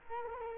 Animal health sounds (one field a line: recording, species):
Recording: mosquito wingbeat signal from an infrared sensor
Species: Culex quinquefasciatus